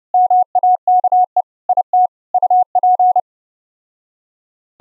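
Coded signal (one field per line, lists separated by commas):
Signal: Morse code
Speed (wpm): 30 wpm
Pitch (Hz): 730 Hz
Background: none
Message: MAKE IT UP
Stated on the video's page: Extreme narrow band CW keyed onto a 6 kHz VLF carrier at attowatt level by a Raspberry Pi 4 soundcard SDR transmitter, received on a laptop soundcard SDR over IP.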